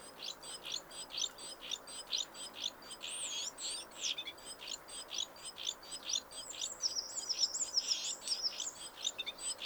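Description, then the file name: Great tit: rapid, repeated high notes in a continuous run, joined later by a thin wavering whistled phrase. "Parus major"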